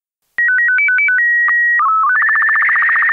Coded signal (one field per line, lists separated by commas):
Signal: SSTV (slow-scan television)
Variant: Robot BW 8